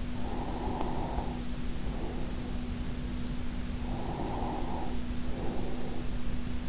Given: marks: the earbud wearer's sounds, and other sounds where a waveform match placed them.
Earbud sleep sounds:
sounds in sleep by an in-ear microphone; breath
0.00-2.69 s: breath
3.69-6.69 s: breath

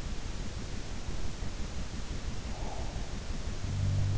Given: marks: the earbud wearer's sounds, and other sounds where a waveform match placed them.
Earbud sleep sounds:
sounds in sleep by an in-ear microphone; breath
2.10-3.40 s: breath
3.40-4.18 s: sound from someone else or the room

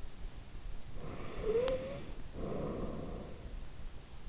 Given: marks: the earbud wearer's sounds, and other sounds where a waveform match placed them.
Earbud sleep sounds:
sounds in sleep by an in-ear microphone; snoring breath
0.77-3.48 s: snoring breath

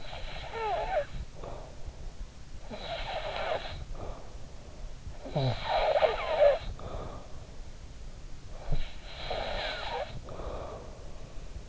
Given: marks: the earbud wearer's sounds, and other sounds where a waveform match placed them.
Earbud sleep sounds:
sounds in sleep by an in-ear microphone; snoring breath
0.00-1.87 s: snoring breath
2.62-4.30 s: snoring breath
5.14-7.35 s: snoring breath
8.55-11.68 s: snoring breath

